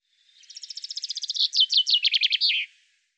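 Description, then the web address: Common chaffinch song: one complete phrase of rapid repeated notes that slide lower in steps before closing with a sharp terminal flourish. "Deverinetal 2025 File cleaned normalized Bird Fr Co"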